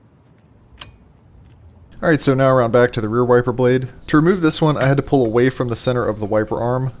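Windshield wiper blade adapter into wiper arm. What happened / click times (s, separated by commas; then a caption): The wiper blade adapter clicked onto the arm / 0.8 s. On a Honda Prologue, the passenger-side windshield wiper blade with its plastic adapter is slid onto the wiper arm and clicks into place at 0.8 s, the same way as the driver side. The blade ends up seated on the arm. After a quiet start, someone talks from about 2 s to the end.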